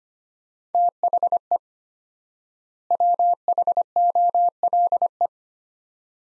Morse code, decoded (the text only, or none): THE WHOLE